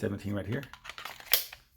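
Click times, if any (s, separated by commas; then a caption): 1.3 s. Someone talks, then a full-size polymer and steel Glock 17 pistol magazine is pushed into the magazine well of a compact Glock 19 pistol, with a few small handling ticks before it. The magazine locks in with a loud, sharp click at 1.3 s, and it is confirmed to fit fine.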